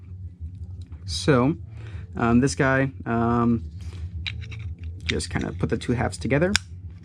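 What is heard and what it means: Two hollow injection-molded plastic halves of an AAP-01 airsoft drill kit housing are being handled and brought together while someone talks, with short tapping and clicking handling sounds between the words. Nothing has seated or clicked into place yet.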